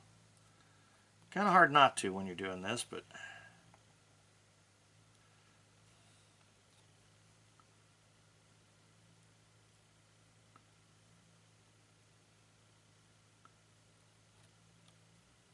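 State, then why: Not seated. A plastic part is pressed by hand toward its mounting point on an Eaglemoss Enterprise starship model kit during stage 4 assembly, which involves deck panels, windows and escape pod hatches. Someone talks briefly near the start, then the rest is a quiet low hum with a few faint light ticks, the clearest at about 13.5 s. Nothing has seated or clicked yet.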